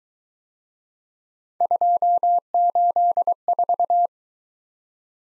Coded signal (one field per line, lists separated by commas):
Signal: Morse code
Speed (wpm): 21 wpm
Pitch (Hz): 700 Hz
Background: none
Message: 284